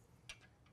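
A plastic end cap is clipped into the end bracket of an LED strip railing channel. A single sharp, bright tick at 0.3 s marks it snapping into place, followed by fainter ticks over a quiet background, and the end cap is seated.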